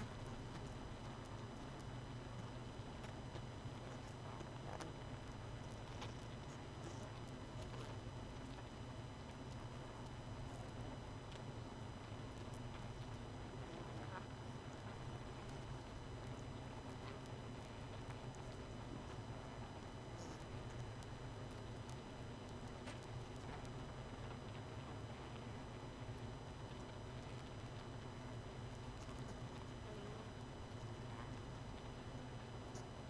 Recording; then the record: honeybee colony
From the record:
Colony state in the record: missing queen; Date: 31 May 2018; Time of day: 23:27